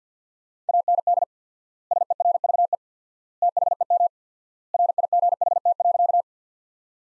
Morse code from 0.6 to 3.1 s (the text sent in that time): AND SERVE